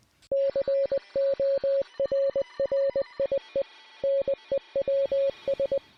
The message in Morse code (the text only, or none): CORRIE NEWS